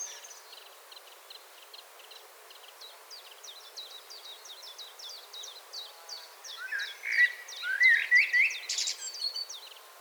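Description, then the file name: Common blackbird singing one warbled phrase with a shrill squeak near the end, after several seconds of rapid high ticking. "Turdus merula 181122"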